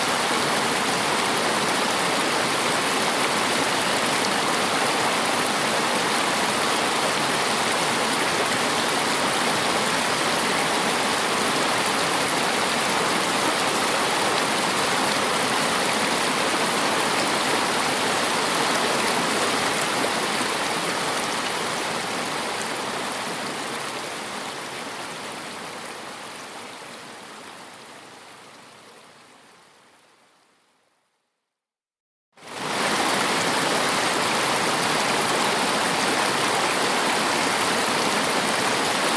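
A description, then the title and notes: A steady, dense rush of falling water fills the whole range from low rumble to bright hiss, with no individual splashes standing out. Around thirty seconds it fades to silence, then resumes abruptly at full level about two seconds later. Peaceful calming waterfall.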